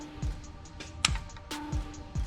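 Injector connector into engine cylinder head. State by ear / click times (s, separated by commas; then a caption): seated / 1.0 s. An injector connector for the fuel injector is lined up inside a Cummins engine cylinder head, turned until it drops in, then pushed home. A loud, sharp snap at 1.1 s confirms it is seated all the way in, over music with a steady low beat.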